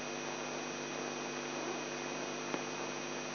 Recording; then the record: brain microelectrode recording played as sound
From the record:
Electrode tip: inside the subthalamic nucleus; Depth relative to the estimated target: 1 mm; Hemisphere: left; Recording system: AlphaMap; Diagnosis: Parkinson's disease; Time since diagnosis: 11 years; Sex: male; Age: 42 years